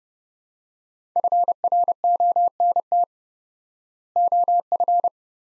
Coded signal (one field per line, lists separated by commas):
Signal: Morse code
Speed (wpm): 30 wpm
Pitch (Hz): 700 Hz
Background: none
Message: FRONT OF